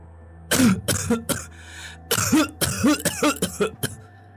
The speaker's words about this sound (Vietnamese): Tiếng ho ám ảnh của bà vẫn bủa vây lấy tâm trí của ông thống đốc Quỳnh.